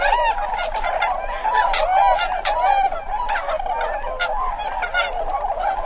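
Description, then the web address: Tundra swans calling in a dense, overlapping chorus of mellow hooting whoops and honks, continuous throughout. "Songs of Birds of North America Stokes. Tundra Swan"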